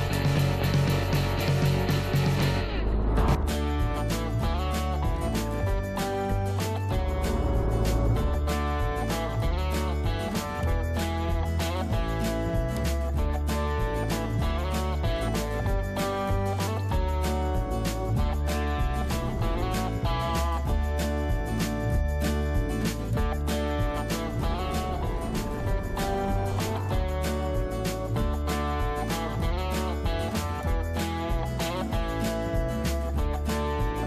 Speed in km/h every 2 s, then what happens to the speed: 38, 38, 38, 38, 40, 42, 39, 35, 26, 16, 14, 17, 19, 16, 13, 13, 15.
0-11 steady at about 38. 11-19 brakes to 14. 19-34 steady at about 15.